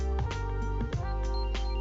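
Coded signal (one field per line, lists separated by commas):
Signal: none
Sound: game's menu jingle beeps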